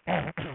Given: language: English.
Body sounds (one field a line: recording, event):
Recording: throat vibration sensor signal played as sound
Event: throat clearing